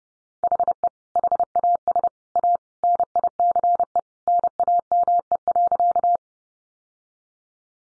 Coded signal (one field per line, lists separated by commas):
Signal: Morse code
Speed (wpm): 30 wpm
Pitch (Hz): 700 Hz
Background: none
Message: HE HAS A NICE NAME.